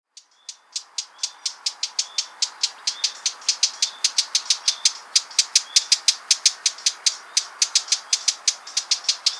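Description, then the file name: Eurasian blackcap hard tack calls repeated in a fast, steady series of sharp clicks, roughly five per second throughout. "Sylvia atricapilla"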